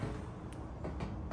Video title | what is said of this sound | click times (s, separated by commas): Maytag Neptune Deep Clean - Like New with a few basic tools | and clicks into place. | 0.5 s